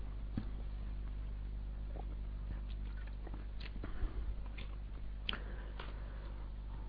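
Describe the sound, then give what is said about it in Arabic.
Someone takes a drink of water: soft, scattered sipping and swallowing clicks and small mouth noises over a steady low hum, with no talking. “شربة ماء.”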